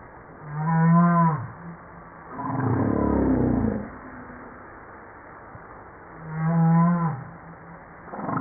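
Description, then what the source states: Humpback whale moans: two low harmonic tones several seconds apart, with a broad, rough, noisy grunt between them. From a 2013 JASA publication.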